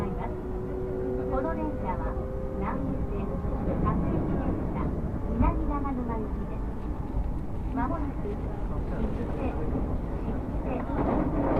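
A train ride on Japan's Nambu and Tsurumi lines: a thick, steady low rumble runs throughout, with a faint held whine in the first few seconds. Voices talk on and off over it, around two, four to six, eight and eleven seconds.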